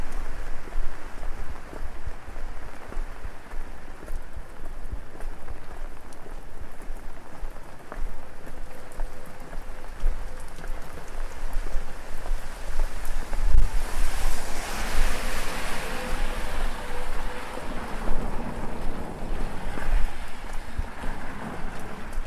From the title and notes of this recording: WALKING IN THE RAIN DOWNTOWN KOREA. The gentle pitter-patter of rain drops on your umbrella, combined with the sounds of a busy downtown Korean city at night.